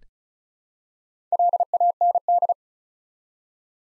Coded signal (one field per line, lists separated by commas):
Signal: Morse code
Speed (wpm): 36 wpm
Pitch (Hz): 700 Hz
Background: none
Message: LAND